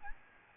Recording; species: mosquito wingbeat signal from an infrared sensor; Aedes albopictus